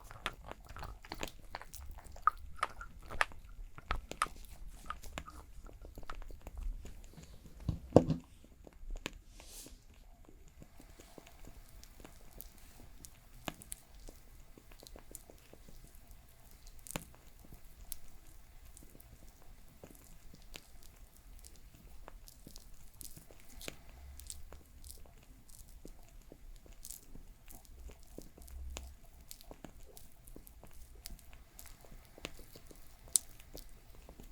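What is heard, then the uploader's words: A crackling fire pops and snaps steadily, with sharp irregular clicks scattered densely across the whole clip and a louder pop near eight seconds. A soft low rumble swells underneath at the start and again around twenty-five seconds. Crackling Fire Sounds.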